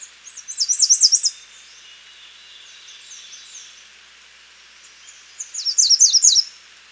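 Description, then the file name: American redstart song: high, thin series of rapid zigzag notes lasting about a second, repeated after a pause of four seconds, with faint softer notes between. "Setophaga ruticilla - American Redstart"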